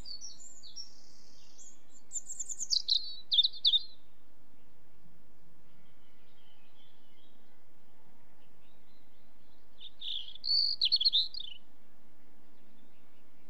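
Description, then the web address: European robin song: two short phrases of thin, high warbling notes separated by a long pause, over a quiet background. "BBC Sound Effects Library. Robin"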